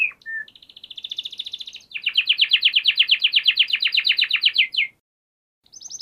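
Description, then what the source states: Canary song: a brief high note and a short low whistle, then a fine fast trill giving way to loud rolling trilled phrases, ending abruptly before a new phrase begins. Canary song used to train other birds to learn the song (masteran).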